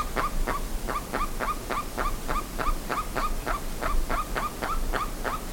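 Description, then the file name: Bird producing a regular string of brief, harsh notes against continuous low background noise. "SABIOD 50 bird 2015"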